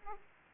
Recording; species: mosquito wingbeat signal from an infrared sensor; Aedes aegypti